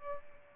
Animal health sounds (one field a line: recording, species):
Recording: mosquito wingbeat signal from an infrared sensor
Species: Aedes albopictus